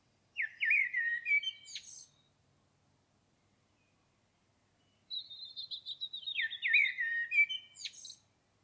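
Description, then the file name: Common blackbird singing two phrases: a mellow, fluting warble with a squeaky high ending, a quiet gap, then a longer phrase opening with a high buzzy run. "Turdus merula"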